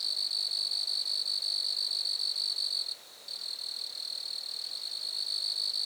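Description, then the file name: Grasshopper trill: a continuous high, pulsing buzz that stops briefly near the three-second mark, then resumes at the same pitch. Grasshoppers recorded at Lac-à-François, Montcerf-Lytton, Quebec, Canada. "criquets-grasshoppers- -lac-acc 80-franccca 7 ois-montcerf-lytton-quecc 81 bec-canada"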